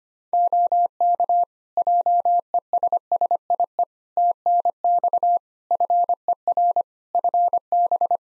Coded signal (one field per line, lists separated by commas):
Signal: Morse code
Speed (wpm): 25 wpm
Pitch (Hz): 700 Hz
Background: none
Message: OK JESSIE TNX FER FB